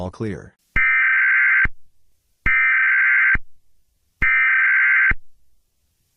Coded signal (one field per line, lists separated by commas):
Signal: Emergency Alert System (SAME) tones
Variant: header bursts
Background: speech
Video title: Las Vegas(a Jurassic Park novel eas scenario) analong horror